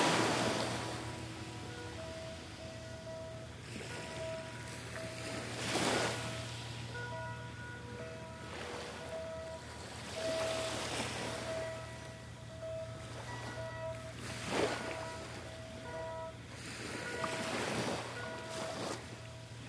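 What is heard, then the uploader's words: Tiny ocean waves lap on the shore in soft washes every four seconds or so, over a steady low hum and faint on-off whistling tones. South Bay Beach HK, 4am. Tiny ocean waves lapping on the shore.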